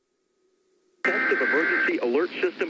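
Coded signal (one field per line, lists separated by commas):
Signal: Emergency Alert System (SAME) tones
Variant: header bursts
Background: speech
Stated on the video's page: Experimental edit using EAS tones taken from other sources.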